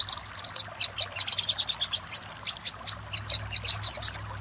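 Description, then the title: Little spiderhunter singing a quick string of thin, high chips that starts very fast, then slows into evenly spaced, piercing notes. Master song used to train cage birds. "Masteran Burung Sogok Ontong Labaik"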